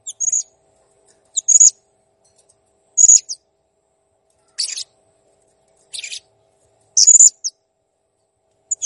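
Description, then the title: Blue-crowned hanging parrot calls: high shrill chirps and a few rougher, buzzier notes, irregularly spaced about a second apart over the stretch. Master recording of a clear, actively calling bird, made for training cage birds. "Masteran Burung Serindit Ll Masteran Serindit Gacor Jernih"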